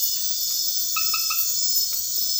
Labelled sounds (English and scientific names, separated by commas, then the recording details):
none
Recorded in dense forest near Puerto Asís, Putumayo, Colombia, on 18 February 2024 at 02:30
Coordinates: 0.496, -76.326
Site G6383